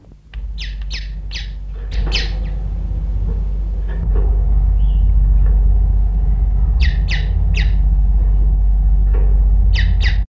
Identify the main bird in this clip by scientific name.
Quelea quelea